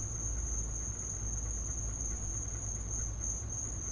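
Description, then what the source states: Crickets give a sustained shrill trill that never pauses, over a continuous low rumbling drone. Crickets in the recordist's back yard; field recording.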